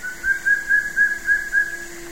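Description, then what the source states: Wing-barred piprites calling: six short, clear whistled notes on one pitch, evenly spaced about four per second, over a faint steady low hum. Recorded in the eastern lowlands of South America.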